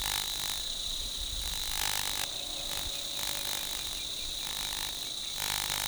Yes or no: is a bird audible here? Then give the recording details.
no. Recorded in forest near Pivijay, Magdalena, Colombia, on 18 April 2023 at 08:30. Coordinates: 10.467, -74.380. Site Z5-G034